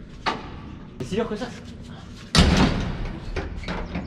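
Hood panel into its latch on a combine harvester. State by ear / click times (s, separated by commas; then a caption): seated / 2.3 s. The hood panel of a combine harvester is pushed shut into its latch after a couple of attempts, with a smaller thud at 0.3 s while someone talks. A loud slam-click at 2.4 s confirms the hood has latched shut, followed by a few lighter knocks.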